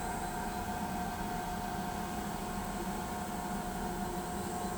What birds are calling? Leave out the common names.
none